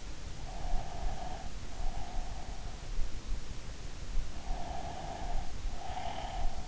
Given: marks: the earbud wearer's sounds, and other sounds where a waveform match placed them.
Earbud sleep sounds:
sounds in sleep by an in-ear microphone; breath
0.56-2.83 s: breath
4.51-6.67 s: breath

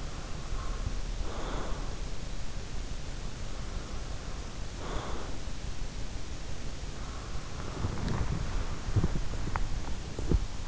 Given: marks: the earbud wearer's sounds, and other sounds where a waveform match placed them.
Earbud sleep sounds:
sounds in sleep by an in-ear microphone; breath, swallowing
0.00-2.04 s: breath
4.61-5.65 s: breath
7.59-10.68 s: swallowing

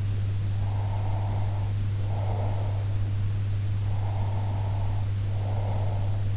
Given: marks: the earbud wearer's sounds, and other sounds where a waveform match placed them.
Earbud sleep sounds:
sounds in sleep by an in-ear microphone; breath
0.57-2.86 s: breath
3.83-6.26 s: breath

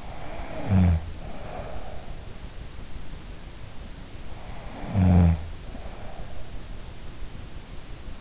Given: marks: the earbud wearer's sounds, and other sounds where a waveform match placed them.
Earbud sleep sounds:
sounds in sleep by an in-ear microphone; snoring breath
0.00-1.96 s: snoring breath
4.50-6.37 s: snoring breath

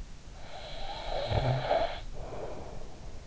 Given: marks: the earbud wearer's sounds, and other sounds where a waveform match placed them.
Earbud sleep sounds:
sounds in sleep by an in-ear microphone; snoring breath
0.34-3.21 s: snoring breath

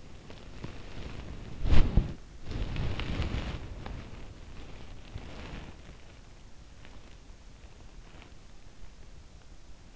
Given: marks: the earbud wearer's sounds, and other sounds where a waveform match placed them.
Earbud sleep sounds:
sounds in sleep by an in-ear microphone; body movement
0.00-8.28 s: body movement

